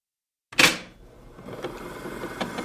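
A sharp mechanical clunk breaks the silence, then the motor of an old 1969 Ur-Royal Deluxe tape recorder runs with a steady low hum and soft whirring hiss, broken by faint irregular ticks and clicks.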